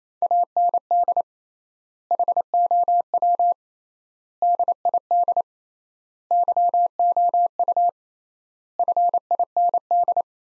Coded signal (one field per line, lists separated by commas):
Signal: Morse code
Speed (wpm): 28 wpm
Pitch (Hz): 700 Hz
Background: none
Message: AND HOW DID YOU FIND